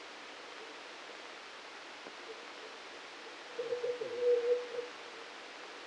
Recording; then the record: brain microelectrode recording played as sound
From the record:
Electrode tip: outside the subthalamic nucleus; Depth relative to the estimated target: -3 mm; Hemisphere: right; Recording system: NeuroSet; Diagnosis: Parkinson's disease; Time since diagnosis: 9 years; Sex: male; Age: 61 years